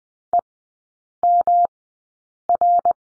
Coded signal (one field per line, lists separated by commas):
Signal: Morse code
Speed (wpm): 20 wpm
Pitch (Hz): 700 Hz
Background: none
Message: EMR